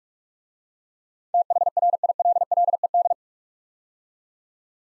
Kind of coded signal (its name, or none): Morse code